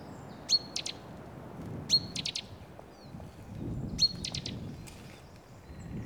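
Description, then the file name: Great tit calling: a thin high pip then a quick burst of harsh clicking notes, given three times, over a soft rumbling background. "Parus major"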